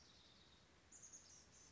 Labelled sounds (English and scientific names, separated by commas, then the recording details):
Chestnut-backed Chickadee (Poecile rufescens)
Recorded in Sonoma County, California